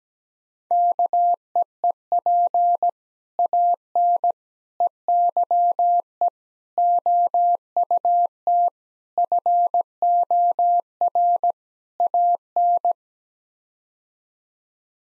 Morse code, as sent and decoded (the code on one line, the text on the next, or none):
-.- . . .--. / .- -. / . -.-- . / --- ..- - / ..-. --- .-. / .- -.
KEEP AN EYE OUT FOR AN